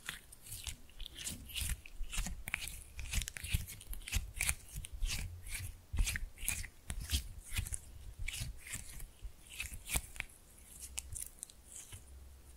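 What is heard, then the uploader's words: Slime being squished and pressed, with rapid sticky crackles and wet pops repeating irregularly throughout, over a low soft rumble underneath. ASMR Fun with Slime No Talking.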